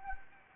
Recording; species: mosquito wingbeat signal from an infrared sensor; Anopheles gambiae